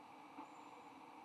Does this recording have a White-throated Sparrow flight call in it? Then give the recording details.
no. No flight call is heard. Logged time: 03:26 on 15 November 2014